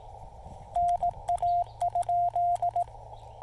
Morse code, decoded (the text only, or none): NA?